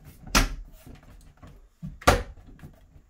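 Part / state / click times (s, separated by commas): drawer box onto drawer slides / seated / 2.1 s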